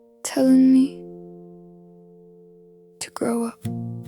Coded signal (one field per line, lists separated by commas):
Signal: telephone call progress tone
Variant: North America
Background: speech, music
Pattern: dial tone